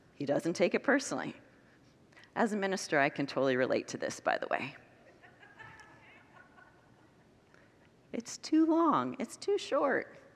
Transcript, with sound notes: He doesn’t take it personally. As a minister, I can totally relate to this, by the way. [Congregants laugh] “It’s too long.” “It’s too short.”